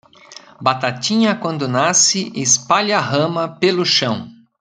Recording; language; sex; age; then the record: short text; Brazilian Portuguese; male; 50 to 59 years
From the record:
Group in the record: control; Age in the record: 55 years